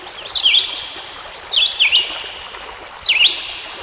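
Songbird singing short up-and-down whistled figures, three phrases in a few seconds, over continuous water noise.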